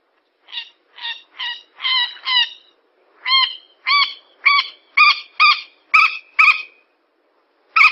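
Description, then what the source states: Yellow-vented bulbul calls: short, harmonic-rich notes repeated about twice a second, with brief pauses between runs. Bird lure recording.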